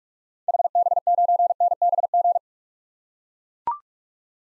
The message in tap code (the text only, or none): none